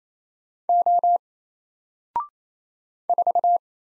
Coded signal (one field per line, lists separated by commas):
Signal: Morse code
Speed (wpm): 27 wpm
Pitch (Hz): 700 Hz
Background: none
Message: O 4